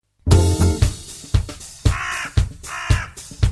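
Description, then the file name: Hooded crow cawing, rough grating calls repeated roughly every half second to second, mixed with dull low knocks and thuds. "varis"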